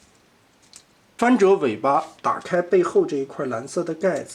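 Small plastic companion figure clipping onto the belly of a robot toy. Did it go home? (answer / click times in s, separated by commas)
yes / 0.8 s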